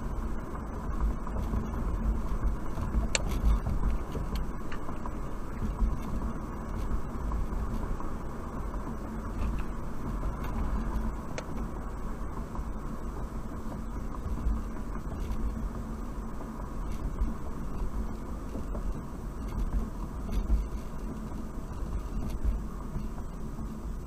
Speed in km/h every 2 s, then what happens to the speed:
60, 60, 58, 58, 58, 55, 53, 52, 52, 48, 47, 40.
0-17 steady at about 58. 17-24 slows to 40.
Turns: none.